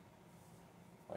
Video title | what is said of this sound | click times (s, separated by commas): Solar Crisis! Jackery 290 & Goal Zero Boulder 100 Unboxing. | so there's no notch or nut. You just push it until it clicks. | 1.1 s